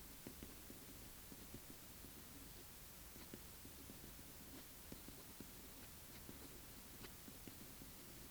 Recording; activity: daily activity, guitar pickup as the sensor; write